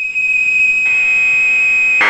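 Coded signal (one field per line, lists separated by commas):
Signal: Commodore tape loading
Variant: Commodore Datasette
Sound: steady high-pitched buzzy tone for two seconds, hiss increasing, then harsh data-like burst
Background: tape hiss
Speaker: but then there were some others like this one here that didn't sound so nice it sounded more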